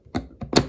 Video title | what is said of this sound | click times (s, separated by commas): CRT Millenium - Overview, Power Test, Mods and How To Enable 8w High Power Mode! | snaps back into place like so and I just thought that was a really really cool feature | 0.6 s